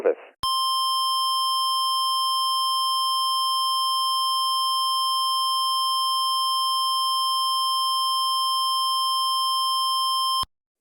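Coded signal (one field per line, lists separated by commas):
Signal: Emergency Alert System (SAME) tones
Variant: 1050 Hz attention tone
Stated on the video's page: Fake, hypothetical EAS scenario, a simulated alert.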